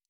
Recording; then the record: hydrophone in a shrimp aquaculture tank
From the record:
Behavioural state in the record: normal